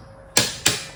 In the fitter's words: so I go till it clicks okay